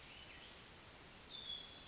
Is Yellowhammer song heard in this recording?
no